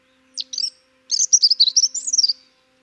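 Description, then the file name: European robin song: a high thin note and short chirps, then a rapid warbling run of sweet trills and twitters wavering between high pitches, ending in a falling flourish. "Erithacus rubecula"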